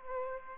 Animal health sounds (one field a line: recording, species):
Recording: mosquito wingbeat signal from an infrared sensor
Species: Aedes aegypti